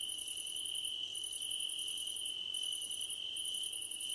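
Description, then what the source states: Crickets chirping: a steady high trill runs throughout, with a second, higher insect pulsing in bursts separated by short gaps. Crickets at night under a starlit sky.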